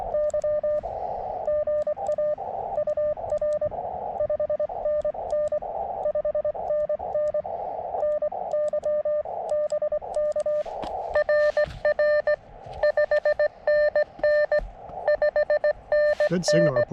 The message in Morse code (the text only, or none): Y GA UR 5NN 5NN NY BK RR 5NN 5NN